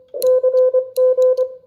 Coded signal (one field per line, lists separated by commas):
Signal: Morse code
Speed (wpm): 22 wpm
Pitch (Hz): 510 Hz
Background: none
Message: CG